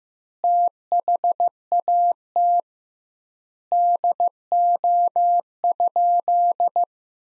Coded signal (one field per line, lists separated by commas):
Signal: Morse code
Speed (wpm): 15 wpm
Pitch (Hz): 700 Hz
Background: none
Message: THAT DO?